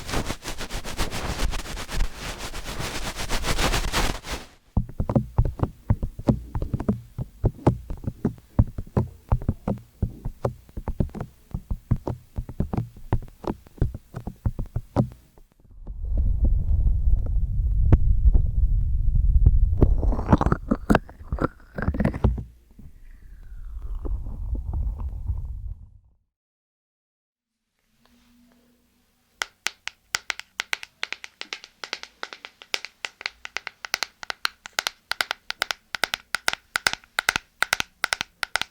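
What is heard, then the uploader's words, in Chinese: Ear cleaning and massage sounds: dense, hissing rustle for the first four seconds, then rapid rhythmic tapping and brushing strokes. Around 15–26 seconds come heavy low rubbing and muffled pressing, then a near-silent gap before quick, crisp tapping resumes from about 29 seconds. 梵天掏耳和按摩。3D按摩与掏耳一起来。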